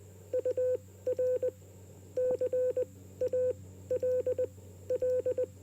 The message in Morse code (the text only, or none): UR CALL